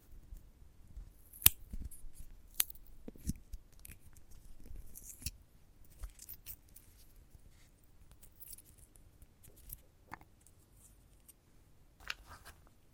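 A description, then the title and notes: A sunflower head is handled, giving dry crackles and crisp rustling in short bursts. Sharp snaps stand out at intervals, near 1.5, 2.5, 3.5, 5, 10 and 12 seconds. A soft, low rumble runs underneath throughout. ASMR of a Sunflower Head (No Talking).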